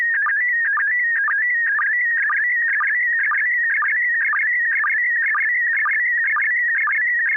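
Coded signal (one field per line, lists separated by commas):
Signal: SSTV (slow-scan television)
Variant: PD120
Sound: continuous warbling tone around 2 kHz with regular short low sync blips twice a second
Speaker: Okay, I have a picture. This is going to be PD120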